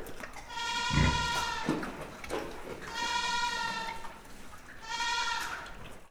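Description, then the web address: Goat bleating: three long, wavering, nasal bleats about two seconds apart, with a short low grunt-like sound near the start. Goat recorded at Miskolc zoo in 2009. "allathangok miskolcizoo 2009 kecske"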